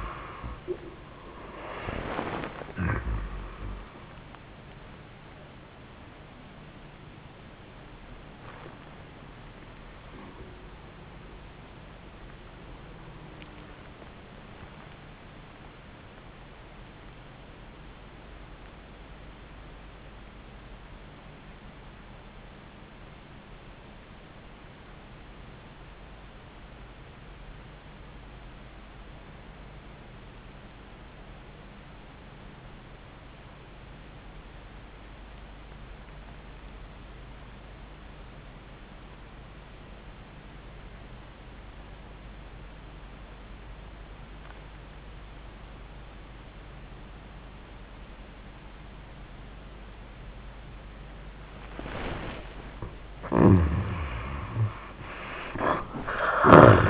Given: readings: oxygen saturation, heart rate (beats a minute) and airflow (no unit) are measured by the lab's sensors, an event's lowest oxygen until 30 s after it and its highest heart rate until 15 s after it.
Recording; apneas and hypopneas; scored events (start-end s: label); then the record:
breathing in sleep by a voice recorder at the bedside; 1
14.00-52.70 s: obstructive apnea (N1, oxygen 96% highest, then 61% lowest, heart rate 71 at the start, 96 highest)
19.00-49.00 s: new sleep stage, REM sleep
49.00-56.90 s: new sleep stage, N1 (lightest sleep)
From the record:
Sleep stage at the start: N1 (lightest sleep); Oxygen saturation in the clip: 60 to 96%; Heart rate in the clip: 57 to 96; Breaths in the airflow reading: 5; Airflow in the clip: -37.4 to 32.5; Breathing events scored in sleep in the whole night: 400 in 8.7 hours asleep